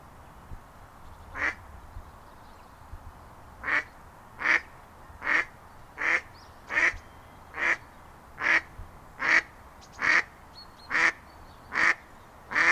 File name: Stockente Quack